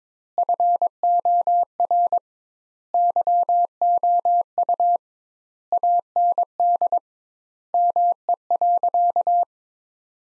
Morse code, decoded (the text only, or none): FOR YOU AND ME.